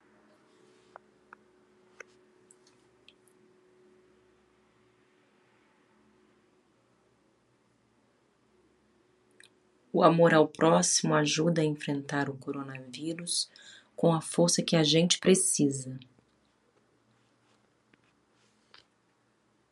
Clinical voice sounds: spoken sentence; Brazilian Portuguese; female; 40 to 49 years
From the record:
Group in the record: control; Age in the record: 44 years

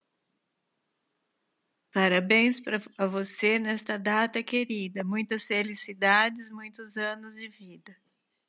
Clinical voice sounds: short text; Brazilian Portuguese; female; 60 to 69 years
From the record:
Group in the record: control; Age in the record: 64 years

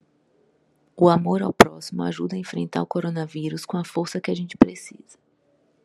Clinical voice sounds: spoken sentence; Brazilian Portuguese; female; 30 to 39 years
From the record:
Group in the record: control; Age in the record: 38 years

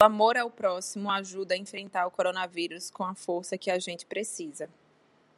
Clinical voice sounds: spoken sentence; Brazilian Portuguese; female; 30 to 39 years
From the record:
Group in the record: control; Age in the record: 35 years

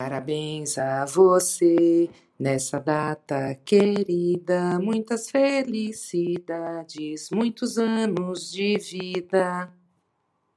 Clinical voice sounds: short text; Brazilian Portuguese; female; 60 to 69 years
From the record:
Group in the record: control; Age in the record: 60 years

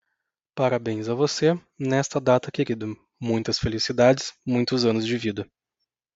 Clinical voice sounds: short text; Brazilian Portuguese; male; 30 to 39 years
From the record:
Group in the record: control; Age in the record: 32 years

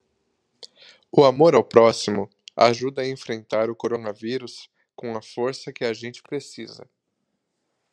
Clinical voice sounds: spoken sentence; Brazilian Portuguese; male; 30 to 39 years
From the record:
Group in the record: control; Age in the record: 34 years

